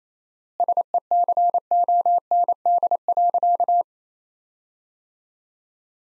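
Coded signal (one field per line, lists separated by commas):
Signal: Morse code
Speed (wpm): 28 wpm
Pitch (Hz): 700 Hz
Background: none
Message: SECOND.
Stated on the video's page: Morse practice sentences at 28 wpm with 4x standard word spacing, a word-level analogue of Farnsworth spacing.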